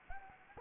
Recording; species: mosquito wingbeat signal from an infrared sensor; Anopheles gambiae